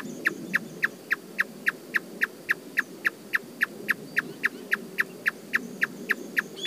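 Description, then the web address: Marsh tapaculo repeating a short, crisp note at an even pace, about three to four per second, against low background hum. "sound Marsh-tapaculo. صدای-پرنده-تپلک-ماندابی"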